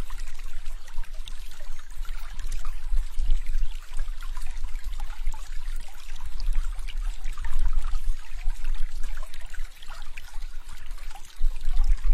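Water trickles and drips steadily, with dense bright splashes throughout and a low rumble underneath that never lets up.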